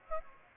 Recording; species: mosquito wingbeat signal from an infrared sensor; Aedes aegypti